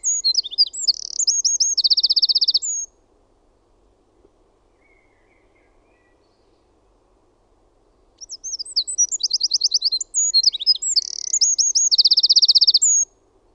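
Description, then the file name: Eurasian wren singing two bursts of high, rapid twitters and buzzy trills, each ending in a fast rattle, with about five seconds of quiet between. "PEUKALOINEN"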